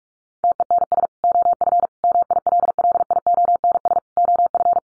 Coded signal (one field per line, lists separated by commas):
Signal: Morse code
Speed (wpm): 44 wpm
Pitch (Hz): 700 Hz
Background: none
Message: TENS OF MILLIONS OF